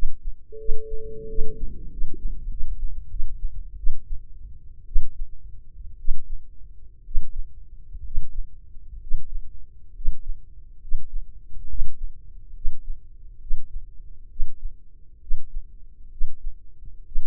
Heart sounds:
heart sounds by microphone in the left ear; 69 bpm
0.58 s: heartbeat
1.28 s: heartbeat
1.90 s: heartbeat
2.49 s: heartbeat
3.09 s: heartbeat
3.77 s: heartbeat
4.86 s: heartbeat
5.97 s: heartbeat
7.03 s: heartbeat
8.02 s: heartbeat
8.99 s: heartbeat
9.93 s: heartbeat
10.79 s: heartbeat
11.67 s: heartbeat
12.53 s: heartbeat
13.39 s: heartbeat
14.28 s: heartbeat
15.19 s: heartbeat
16.09 s: heartbeat
17.04 s: heartbeat
From the record:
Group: healthy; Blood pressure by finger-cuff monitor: 93/49 mmHg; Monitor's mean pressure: 62 mmHg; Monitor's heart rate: 68 bpm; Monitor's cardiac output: 6.2 L/min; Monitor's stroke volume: 86 mL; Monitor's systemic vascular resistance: 700 dyn s/cm5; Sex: female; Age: 22 years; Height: 157 cm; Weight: 47.6 kg

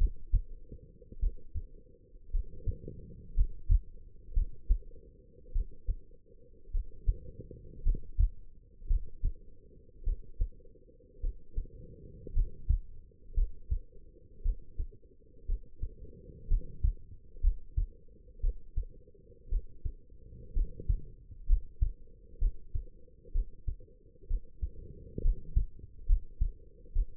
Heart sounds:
heart sounds by stethoscope; 58 bpm
1.19 s: heartbeat
2.31 s: heartbeat
3.34 s: heartbeat
4.33 s: heartbeat
5.52 s: heartbeat
6.71 s: heartbeat
7.83 s: heartbeat
8.87 s: heartbeat
10.03 s: heartbeat
11.20 s: heartbeat
12.33 s: heartbeat
13.34 s: heartbeat
14.42 s: heartbeat
15.46 s: heartbeat
16.48 s: heartbeat
17.41 s: heartbeat
18.40 s: heartbeat
19.49 s: heartbeat
20.53 s: heartbeat
21.46 s: heartbeat
22.38 s: heartbeat
23.32 s: heartbeat
24.27 s: heartbeat
25.21 s: heartbeat
26.06 s: heartbeat
26.92 s: heartbeat
From the record:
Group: healthy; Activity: rest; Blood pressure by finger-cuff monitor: 113/71 mmHg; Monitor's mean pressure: 84 mmHg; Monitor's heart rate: 58 bpm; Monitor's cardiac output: 4.7 L/min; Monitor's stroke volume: 84 mL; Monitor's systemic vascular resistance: 1380 dyn s/cm5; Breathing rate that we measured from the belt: 13 breaths a minute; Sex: female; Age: 23 years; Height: 160 cm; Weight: 50.4 kg

